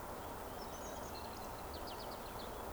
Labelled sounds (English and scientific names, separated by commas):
Eurasian Woodcock (Scolopax rusticola) whistle